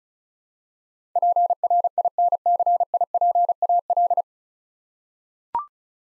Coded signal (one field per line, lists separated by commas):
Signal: Morse code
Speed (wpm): 36 wpm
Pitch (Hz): 700 Hz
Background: none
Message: PRINCIPAL